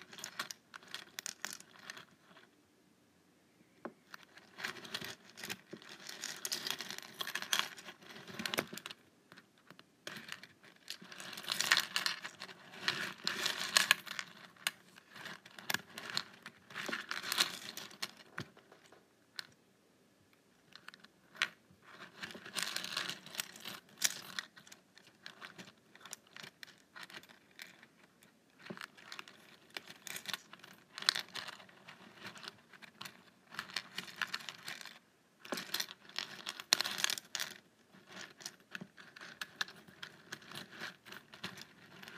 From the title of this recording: ASMR Paperclips